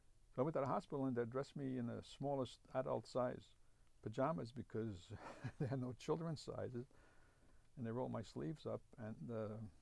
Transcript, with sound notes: So I went to the hospital and they dressed me in the smallest adult size pajamas because (he laughs) they had no children's sizes. And they rolled my sleeves up. And it